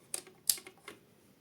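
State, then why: Seated. A crimped wire pin is carefully pushed by hand into a plastic connector housing while wiring an air purifier. Sharp clicks sound at 0.1 s and 0.5 s, with fainter ticks around 0.3, 0.7 and 0.9 s. The pin seats in the housing.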